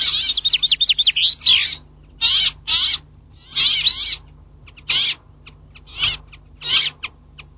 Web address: Canti Fringuello